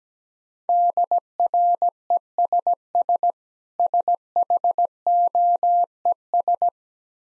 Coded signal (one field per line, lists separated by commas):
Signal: Morse code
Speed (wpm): 17 wpm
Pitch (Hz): 700 Hz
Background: none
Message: DRESS SHOES